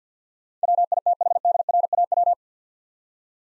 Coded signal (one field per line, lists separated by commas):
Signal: Morse code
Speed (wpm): 50 wpm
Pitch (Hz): 700 Hz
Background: none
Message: WITHDRAW